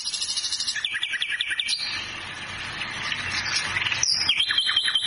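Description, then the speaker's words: Nightingale singing quick repeated chirping phrases and fast trills, with bright whistled notes. Song played back on a radio programme. "Este cantor nato es el ruiseñor. Mira qué lindo que canta."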